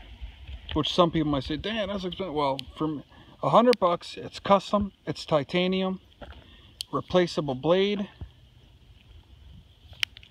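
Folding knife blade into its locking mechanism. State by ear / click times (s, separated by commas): seated / 10.0 s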